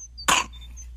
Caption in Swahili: Mbona kikohozi chake kinazidi? Unasikia anavyopumua haraka na kwa shida? Kwa anavyopumua inaweza kuwa pneumonia. Pneumonia inaua, hasa kwa watoto chini ya miaka 5.